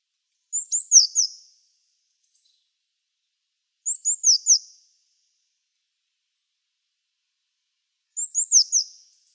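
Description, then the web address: Eurasian blue tit calls, three short phrases of several high, rapidly falling notes, spaced a few seconds apart against silence. "cianscape. Deverinetal"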